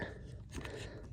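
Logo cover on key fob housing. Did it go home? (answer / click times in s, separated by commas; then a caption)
released / 0.6 s. A flathead screwdriver is pushed under the lip of the plastic logo cover on a 2020–2025 Mazda CX-5 key fob and twisted against a low, steady background. A short sharp click at 0.6 s marks the cover clicking free of the fob housing, so the cover is released.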